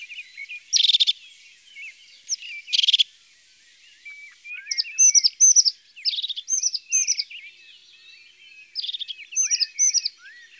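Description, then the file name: European crested tit giving two short purring trills, then a run of high clipped chirping notes. "Mesange huppee ABC des chants doiseaux"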